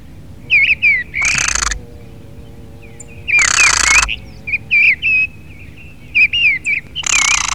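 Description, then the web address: Mistle thrush song of brief whistled, warbling phrases with pauses, interrupted three times by loud rasping bursts of noise. Filtered recording. "FILTERED TORDELA"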